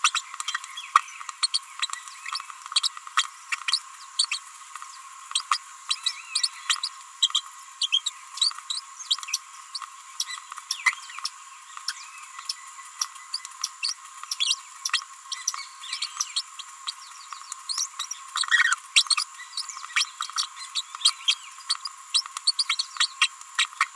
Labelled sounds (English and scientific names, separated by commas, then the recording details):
Green-rumped Parrotlet (Forpus passerinus) babbling
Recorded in a nest box in Venezuela
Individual 18B25A4